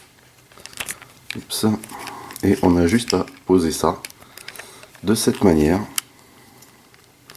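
Someone talks while handling the plastic arm panel of an SS-40 Shatter action figure, moving it into position on the toy car body as the figure is transformed into its car mode. A few faint, short plastic ticks are heard between the speech. Nothing has seated or clicked into place yet.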